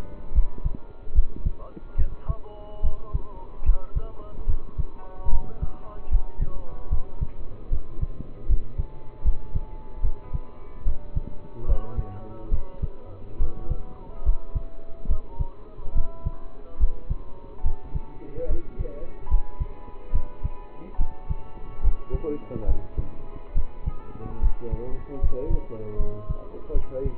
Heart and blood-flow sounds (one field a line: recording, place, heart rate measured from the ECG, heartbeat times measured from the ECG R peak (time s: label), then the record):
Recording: heart sounds by stethoscope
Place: between the tricuspid and mitral areas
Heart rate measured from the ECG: 73 bpm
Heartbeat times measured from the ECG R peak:
0.32 s: heartbeat
1.13 s: heartbeat
1.96 s: heartbeat
2.81 s: heartbeat
3.63 s: heartbeat
4.45 s: heartbeat
5.29 s: heartbeat
6.09 s: heartbeat
6.88 s: heartbeat
7.69 s: heartbeat
8.46 s: heartbeat
9.22 s: heartbeat
10.01 s: heartbeat
10.83 s: heartbeat
11.66 s: heartbeat
12.50 s: heartbeat
13.38 s: heartbeat
14.23 s: heartbeat
15.07 s: heartbeat
15.93 s: heartbeat
16.77 s: heartbeat
17.62 s: heartbeat
18.47 s: heartbeat
19.28 s: heartbeat
20.11 s: heartbeat
20.97 s: heartbeat
21.81 s: heartbeat
22.65 s: heartbeat
23.53 s: heartbeat
24.39 s: heartbeat
25.20 s: heartbeat
25.96 s: heartbeat
26.72 s: heartbeat
From the record:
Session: rest, lying down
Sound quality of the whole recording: partially saturated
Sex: male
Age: 27 years